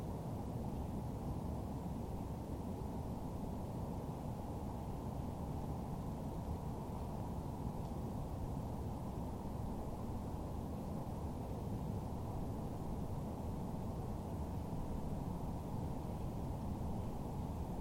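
A dense, steady low roar of airplanes heard in a winter forest, constant and unchanging throughout, with muffled sound and no distinct events.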